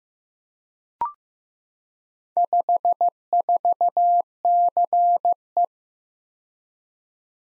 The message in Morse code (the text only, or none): 54CE